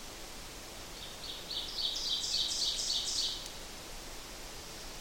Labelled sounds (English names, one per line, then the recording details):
Ovenbird song
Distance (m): 25 m
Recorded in boreal forest in Alberta, Canada, on 8 June 2016 at 06:48
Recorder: SongMeter 3, array SBT-3-9
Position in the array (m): 47 m, 103 m
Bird 33